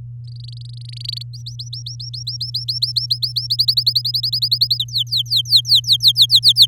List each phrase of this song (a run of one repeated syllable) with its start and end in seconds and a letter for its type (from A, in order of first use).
0.24-1.23 A, 1.33-3.47 B, 3.50-4.78 C, 4.79-6.66 D